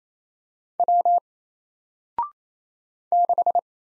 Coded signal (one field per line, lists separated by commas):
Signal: Morse code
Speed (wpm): 28 wpm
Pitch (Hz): 700 Hz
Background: none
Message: W 6